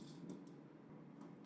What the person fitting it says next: Seems like it's clicking right there.